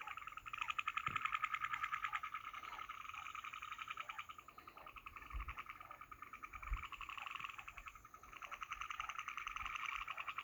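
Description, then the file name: Skittering frog calls in rapid, rattling pulse trains, the dense clicking swelling and fading in long bouts with brief pauses between them. "Euphlyctis cyanophlyctis"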